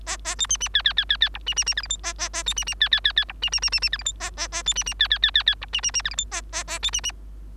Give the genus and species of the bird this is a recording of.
Lonchura striata domestica